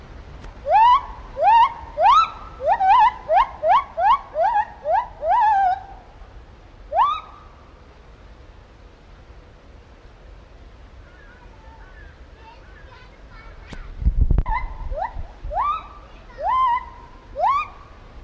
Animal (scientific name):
Hylobates lar